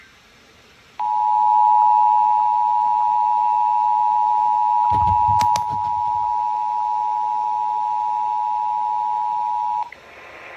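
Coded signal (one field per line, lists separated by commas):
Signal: Emergency Alert System (SAME) tones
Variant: 853 and 960 Hz attention tone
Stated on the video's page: Required monthly test relayed by AM/FM radio stations.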